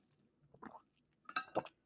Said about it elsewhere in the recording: That sound happens because I can't always close my mouth because that's a Bell's palsy thing. So when I go to drink out of straws, sometimes my mouth makes that noise.